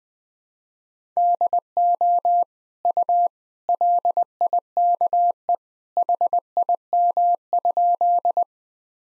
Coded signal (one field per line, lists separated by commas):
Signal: Morse code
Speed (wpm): 20 wpm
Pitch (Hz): 700 Hz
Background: none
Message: DO U LIKE HIM?